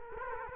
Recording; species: mosquito wingbeat signal from an infrared sensor; Culex quinquefasciatus